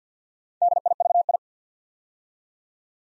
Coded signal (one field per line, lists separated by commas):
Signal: Morse code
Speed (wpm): 50 wpm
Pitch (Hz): 700 Hz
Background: none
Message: DIVI